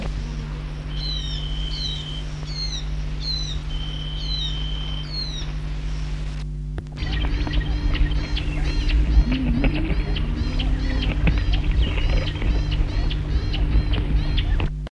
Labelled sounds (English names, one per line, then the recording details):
Rattling Cisticola call
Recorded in the wild
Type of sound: call
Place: Südwestafrika
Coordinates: -23, 17
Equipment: Halbspur, 9,5 cm/s
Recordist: Lütgens, Hans
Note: Rufe, zunächst im Netz